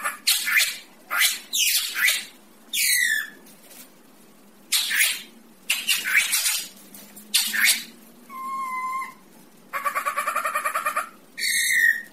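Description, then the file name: Greater racket-tailed drongo mixing rasping calls with a clear whistled note and a buzzy, rapid trill near the end. "tieng cheo beo duoi co hot"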